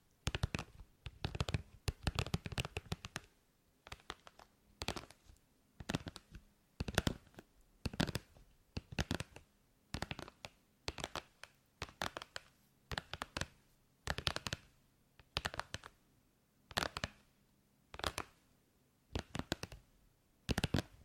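ASMR tapping: bursts of crisp, sharp taps arrive in quick clusters, then short pauses before the next group, repeating steadily throughout. The taps are bright and clicky, sometimes close to a shuffling-card rattle, over a faint low hum in the quiet gaps.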